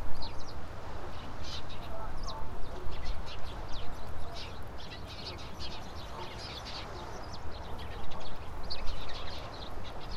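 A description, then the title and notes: A crowd of shore birds chatters without pause, with many short, high chirps and calls overlapping through the whole ten seconds. Underneath runs a steady low rumble, like wind or surf, and the flock's noise swells and dips slightly but never stops. Gujia Island Shore Birds. The birds are twittering in the trees.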